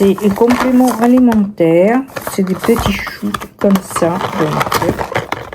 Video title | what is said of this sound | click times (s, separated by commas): ❤️￼ balade avec mon chien & produits terminé + commande￼ jolimoi + produits gratuits | voilà, petit clic | 5.3 s